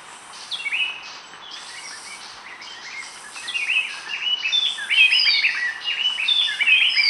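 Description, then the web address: Gray-breasted wood-wren giving a dense run of ringing whistled notes that grows louder toward the end. Lower subtropical zone of Ecuador. "Birds of Ecuador. Gray-breasted Wood-Wren"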